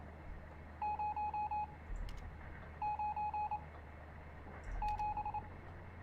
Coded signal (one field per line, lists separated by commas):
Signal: Morse code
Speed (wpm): 27 wpm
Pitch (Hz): 840 Hz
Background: none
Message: 097